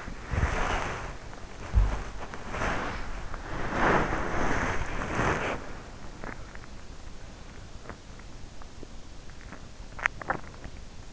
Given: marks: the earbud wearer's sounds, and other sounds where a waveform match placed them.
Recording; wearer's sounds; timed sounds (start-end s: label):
sounds in sleep by an in-ear microphone; body movement, teeth grinding, swallowing
0.00-6.45 s: body movement
7.60-8.74 s: teeth grinding
9.88-11.13 s: swallowing